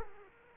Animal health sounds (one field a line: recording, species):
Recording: mosquito wingbeat signal from an infrared sensor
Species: Culex quinquefasciatus